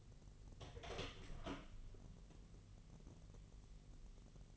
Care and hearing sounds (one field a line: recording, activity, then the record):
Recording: daily activity, microphone in the room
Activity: open door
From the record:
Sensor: 4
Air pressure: 1002.3 hPa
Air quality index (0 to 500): 248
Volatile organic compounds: 41 ppm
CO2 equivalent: 3162 ppm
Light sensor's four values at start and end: 10/23/9/9 and 10/22/9/8